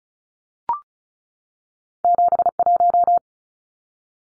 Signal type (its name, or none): Morse code